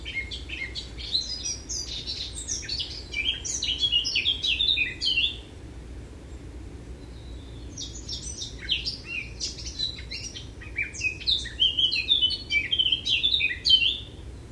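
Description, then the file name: Eurasian blackcap song in two long bursts of fast, scratchy, varied warbling, separated by about three seconds of quiet, faint low rumble underneath. "Sylvia atricapilla"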